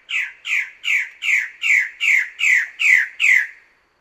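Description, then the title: Bird-of-paradise call: nine harsh, nasal, downslurred notes given in an even, rapid rhythm, each about 0.4 seconds apart, then silence. Master song recording used for training songbirds. "Kicau Master Cendrawasih"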